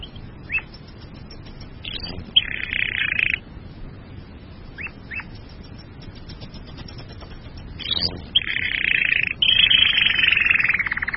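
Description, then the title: Bird song with scattered short chirps and slurred notes, broken by buzzy, sustained trilled phrases that come and go. "burung online"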